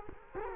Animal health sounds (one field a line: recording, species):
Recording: mosquito wingbeat signal from an infrared sensor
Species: Culex quinquefasciatus